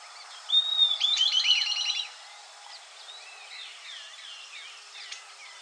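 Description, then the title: Southern beardless tyrannulet calling, a thin whistle leading into a quick series of high notes, followed by softer whistled notes. Subspecies olivaceum. "LuckyPassaro Completos2Sama. Southern Beardless Tyrannulet (Camptostoma obsoletum olivaceum)"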